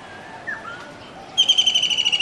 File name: White throated Kingfisher song